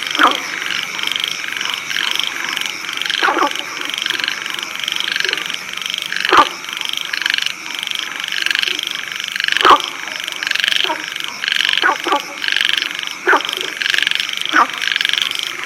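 Frogs and insects chorus in a rural spring field, a dense steady trill overlaid by sharp croaks every second or two.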